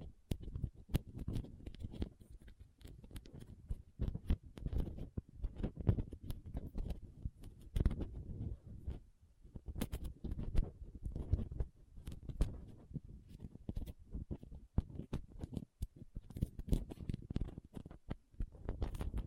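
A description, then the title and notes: Soft squishy, sticky sounds and crinkles with frequent sharp snips, a dense, irregular patter of low thuds and crackles throughout. Soft Squishy Sticky, Crinkle, Cutting Sounds.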